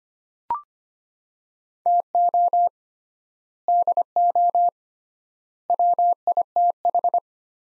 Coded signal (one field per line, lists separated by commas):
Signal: Morse code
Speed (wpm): 25 wpm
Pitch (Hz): 700 Hz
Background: none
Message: TO DO WITH